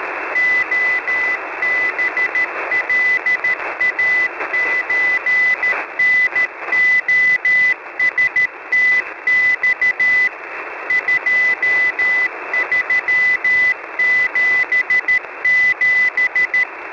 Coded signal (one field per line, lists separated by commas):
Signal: Morse code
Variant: Russian alphabet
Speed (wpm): 13 wpm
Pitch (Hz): 2000 Hz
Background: none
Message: ОБЛАЧНОСТЬ 2377